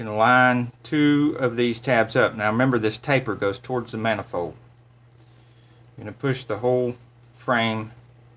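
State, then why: Not seated. A plastic vacuum solenoid frame on a Ford EATC air conditioner controller is being handled after the vacuum solenoids are reassembled, lined up with its two tabs and its taper toward the manifold before being pushed into the climate control unit housing. Someone talks over faint handling noise. Nothing has seated or clicked yet.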